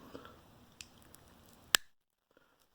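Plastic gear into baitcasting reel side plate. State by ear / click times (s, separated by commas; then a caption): seated / 1.8 s. A small plastic gear is pushed by hand into the side plate of an Abu Garcia 5500/6500 Pro Rocket, CS or Catfish Special baitcasting reel, over its bearing. After a few faint ticks, a sharp, loud pop at 1.8 s marks the gear snapping home, followed by near silence. The gear is seated.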